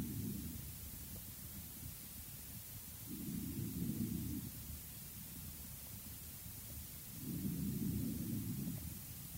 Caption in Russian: Эмфиземы легких, развивающейся при многолетнем тяжелом течении бронхиальной астмы. Над всей поверхностью легких выслушивается ослабленное дыхание.